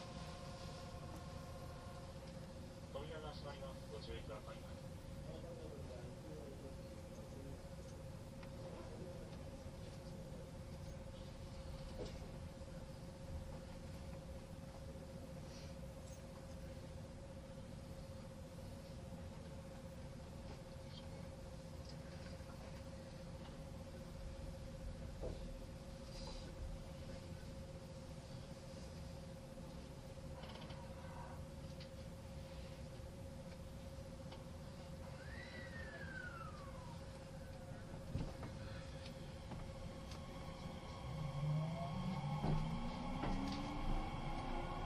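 A Kintetsu 80000 series Hinotori train runs with a steady low rumble and constant hum, motor whines sweeping up near the end.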